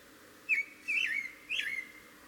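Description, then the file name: Eurasian blackbird uttering three separate slurred whistles, each dipping and rising in pitch, spaced about half a second apart against a quiet background. "Turdus merula"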